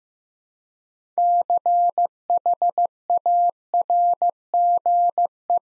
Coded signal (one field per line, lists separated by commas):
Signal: Morse code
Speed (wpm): 15 wpm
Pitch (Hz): 700 Hz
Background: none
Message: CHARGE